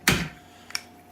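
An old caster wheel stem is pulled out of its socket in an office chair base, releasing with a sharp pop at 0.1 s. Two short, quieter ticks follow near 0.7 and 0.8 s, then a faint steady hum. The caster comes free of the base.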